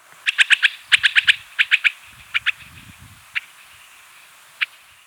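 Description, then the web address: Andean snipe calling: quick bursts of two to four sharp notes, then scattered single notes with longer gaps, over soft low background noise. Recorded in Ecuador. "Birds of Ecuador. Andean Snipe"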